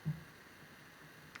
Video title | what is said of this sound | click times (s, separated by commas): Glock Slide Disassembly & Reassembly | And then you'll be able to slide that in. So now that's locked. | 1.4 s